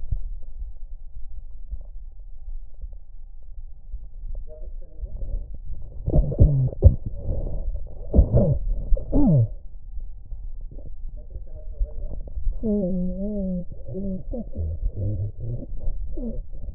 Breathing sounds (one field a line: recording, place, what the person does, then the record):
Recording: lung sounds by stethoscope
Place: left anterior apical chest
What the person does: quiet breathing, then cough and speech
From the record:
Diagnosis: interstitial lung disease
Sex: male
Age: 82 years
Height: 158 cm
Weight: 49 kg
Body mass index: 19.6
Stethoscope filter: extended mode